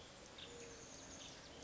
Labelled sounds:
Mourning Dove (Zenaida macroura)
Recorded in Sonoma County, California

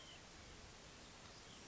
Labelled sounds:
White-breasted Nuthatch (Sitta carolinensis)
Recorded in Sonoma County, California

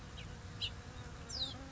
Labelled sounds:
House Finch (Haemorhous mexicanus)
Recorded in Sonoma County, California

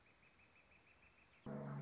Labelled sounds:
Northern Flicker (Colaptes auratus)
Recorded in Sonoma County, California

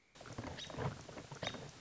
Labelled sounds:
American Robin (Turdus migratorius)
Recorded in Sonoma County, California

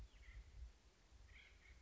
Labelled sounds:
Acorn Woodpecker (Melanerpes formicivorus)
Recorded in Sonoma County, California

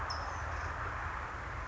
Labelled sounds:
California Towhee (Melozone crissalis)
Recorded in Sonoma County, California

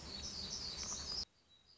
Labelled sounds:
Black-throated Gray Warbler (Setophaga nigrescens)
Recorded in Sonoma County, California

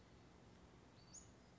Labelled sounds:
Western Flycatcher (Empidonax difficilis)
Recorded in Sonoma County, California

